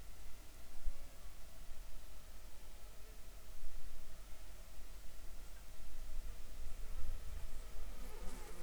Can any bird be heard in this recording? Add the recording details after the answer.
no. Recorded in the Arctic National Wildlife Refuge, Alaska, on 7 July 2019 at 19:17. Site 41